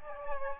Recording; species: mosquito wingbeat signal from an infrared sensor; Aedes aegypti